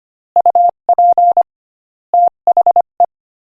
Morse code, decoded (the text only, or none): UP THE